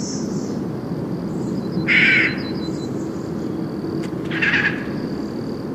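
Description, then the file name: Eurasian jay uttering two hoarse, noisy screeches roughly two and a half seconds apart, with a constant low rumble underneath. "Garrulus glandarius"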